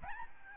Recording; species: mosquito wingbeat signal from an infrared sensor; Aedes albopictus